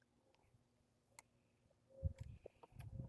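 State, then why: Not seated. The opposite handlebar grip is being fitted onto the handlebar stem of a Caroma 250W electric scooter and pushed toward its spring tab latch. Quiet handling noise gives way to louder low rubbing and knocking from about 2.0 s, with brief sharp ticks near 1.2 s and 3.1 s. The clip ends before the grip goes home, so nothing has seated or clicked yet.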